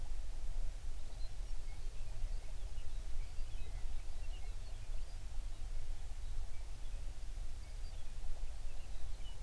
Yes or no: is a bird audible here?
yes